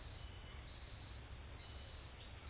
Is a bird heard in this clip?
no